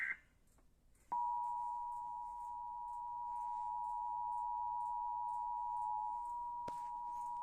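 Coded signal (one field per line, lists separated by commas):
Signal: Emergency Alert System (SAME) tones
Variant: 853 and 960 Hz attention tone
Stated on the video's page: Real flash flood warning on public broadcasting television.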